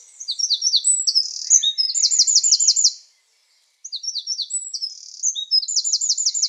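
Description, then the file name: Eurasian Wren song, two fast high bursts of sharp twittering notes and rattling trills, separated by a short silent pause. "Troglodytes troglodytes"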